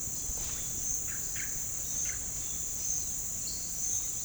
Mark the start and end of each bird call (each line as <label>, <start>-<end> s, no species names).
bird call, 0.96-2.29 s
bird call, 3.54-4.24 s